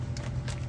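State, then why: Seated. An ignition coil and its boot on a 2010 Caravan are pushed down onto a spark plug in the cylinder head, snapping into place with a sharp click at 0.2 s over a steady low hum. A second, softer and longer knock follows at 0.5 s, and the coil is seated.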